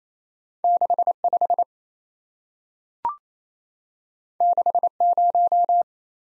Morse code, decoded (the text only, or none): 65 60